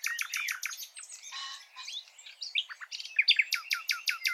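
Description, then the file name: Common nightingale with a dense, varied song of rapid chirps, buzzy notes and short trills packed closely together. "Luscinia megarhynchos"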